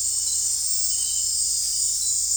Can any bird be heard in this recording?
no